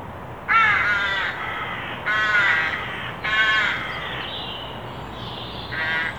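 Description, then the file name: Carrion crow calling, three long, hoarse caws in quick succession, then a pause and a fourth caw at the end. "Corvus corone"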